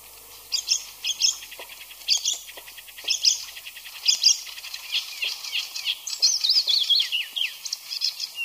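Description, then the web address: Icterine warbler song, a fast varied medley of harsh chattering notes and squeaky whistles in bursts, with brief pauses between phrases. "ljud Hippolais icterina"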